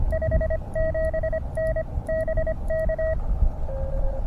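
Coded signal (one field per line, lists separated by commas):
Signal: Morse code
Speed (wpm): 25 wpm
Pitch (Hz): 1900 Hz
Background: none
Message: 57N BK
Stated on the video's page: 5 W QRP CW test signal for Reverse Beacon Network, comparing 1/4-wave vertical with elevated radials against 29' end-fed random wire via 9:1 unun and tuner, four bands.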